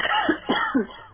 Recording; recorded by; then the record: voluntary cough; telephone call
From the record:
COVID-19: positive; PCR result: checked with the laboratory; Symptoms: no